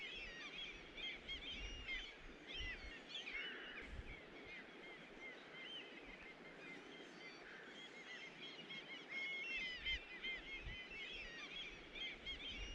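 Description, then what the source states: Birds chirping and whistling together, many short bright notes overlapping in a busy chorus. Recorded at a riverside.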